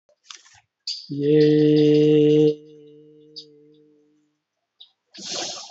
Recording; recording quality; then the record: sustained vowel as in made; excellent, no background noise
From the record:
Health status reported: COVID-19 positive, moderate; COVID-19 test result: positive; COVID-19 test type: RT-PCR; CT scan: not taken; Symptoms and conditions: diabetes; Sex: male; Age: 48 years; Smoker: yes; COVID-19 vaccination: none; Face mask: not worn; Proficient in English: yes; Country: India